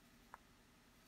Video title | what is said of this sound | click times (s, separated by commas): Gopro Hero5 Hero6 lens change To Infrared Full Spectrum IR Rectilinear Flat View By RageCams | insert it back in there push down do you feel it click | 0.3 s